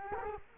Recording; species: mosquito wingbeat signal from an infrared sensor; Culex quinquefasciatus